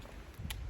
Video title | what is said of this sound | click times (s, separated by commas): CZ P01 Vs CZ P07… CZ Battle Royal | it clicks in place | 0.5 s